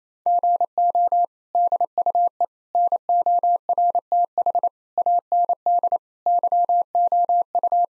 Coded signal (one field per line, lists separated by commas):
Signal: Morse code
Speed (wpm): 27 wpm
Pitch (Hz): 700 Hz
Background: none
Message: GO DUE NORTH AND YOU